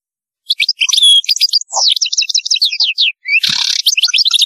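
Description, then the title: European goldfinch song: a rapid, tinkling jumble of high twittering notes, trills and buzzy bursts, running almost continuously with brief pauses. "Chant Chardonneret"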